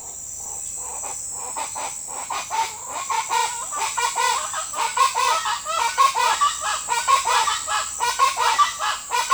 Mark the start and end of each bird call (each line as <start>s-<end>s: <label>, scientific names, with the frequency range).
0.00s-9.34s: Ortalis garrula (0.3-16.7 kHz)